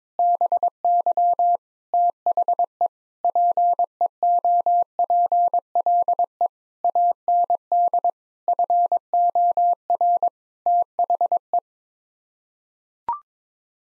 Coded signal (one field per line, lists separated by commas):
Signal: Morse code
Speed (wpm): 22 wpm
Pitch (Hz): 700 Hz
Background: none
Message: BY THE PEOPLE AND FOR THE